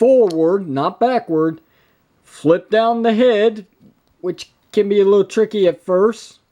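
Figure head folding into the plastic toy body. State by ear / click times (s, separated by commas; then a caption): not seated / none. The plastic head of a small transforming action figure is being handled and flipped down into its plastic toy body to form its weapon mode. Only someone talking is heard throughout. The head has not clicked or seated into place yet.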